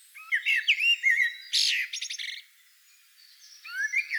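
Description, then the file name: Common blackbird singing fluty warbled notes, then a loud harsh burst and rapid buzzy twitters, a pause, and a rising whistled phrase. "Turdus merula"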